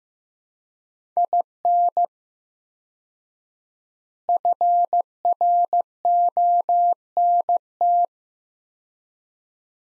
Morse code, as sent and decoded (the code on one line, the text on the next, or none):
.. -. / ..-. .-. --- -. -
IN FRONT